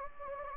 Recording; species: mosquito wingbeat signal from an infrared sensor; Anopheles gambiae